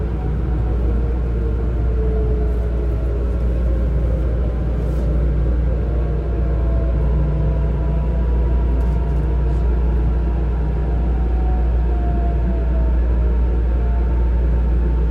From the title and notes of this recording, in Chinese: 台北捷運淡水線。安靜且冷漠的捷運車廂裡。捷運冷氣嗡嗡聲超大聲。